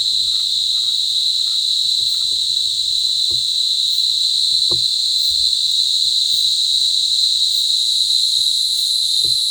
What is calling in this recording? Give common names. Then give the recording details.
none. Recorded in forest near Pivijay, Magdalena, Colombia, on 13 April 2023 at 10:00. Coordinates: 10.467, -74.380. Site Z5-G034